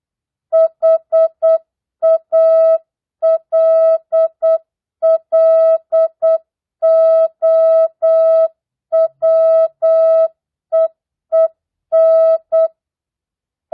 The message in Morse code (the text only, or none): HALLOWEEN